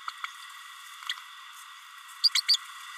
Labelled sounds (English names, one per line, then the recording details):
Green-rumped Parrotlet babbling
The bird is a female
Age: 30 days
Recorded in a nest box in Venezuela
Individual 17B32A7